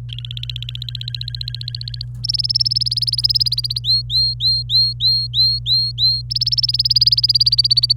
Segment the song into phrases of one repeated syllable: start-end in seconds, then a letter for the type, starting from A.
0.09-2.03 A, 2.24-3.79 B, 3.84-6.21 C, 6.30-7.93 B